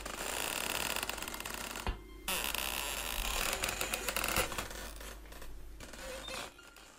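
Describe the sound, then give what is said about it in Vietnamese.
A door creaks slowly shut, a long grainy groaning scrape that stretches on for several seconds with a brief break partway through, steady and fairly loud with no voices. “Sau đó tôi lại nhìn thấy đôi chân ấy quay đi, bước ra khỏi buồng của tôi, cho đến khi cánh cửa lại cọt cả cọt kẹt, từ từ đóng lại.”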